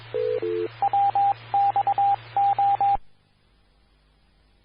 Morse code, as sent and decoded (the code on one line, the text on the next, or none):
.-- -..- ---
WXO